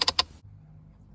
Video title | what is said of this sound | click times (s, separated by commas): How To Install The BeSafe Stretch Extended Rear Facing Car Seat | and then click the hook on the end of the strap onto the ring on the other one | 0.2 s